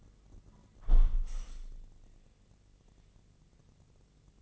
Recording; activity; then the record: daily activity, microphone in the room; close window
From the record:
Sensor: 4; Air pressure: 1013.1 hPa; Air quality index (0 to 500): 173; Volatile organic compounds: 2 ppm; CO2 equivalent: 1090 ppm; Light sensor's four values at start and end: 59/147/61/63 and 62/155/64/66